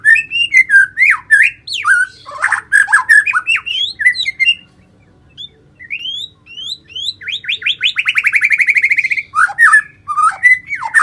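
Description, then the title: White-rumped shama in loud varied song: vigorous rising and falling whistles, harsh scratchy notes, a series of upslurred whistles and a long rapid buzzing trill. "murai batu"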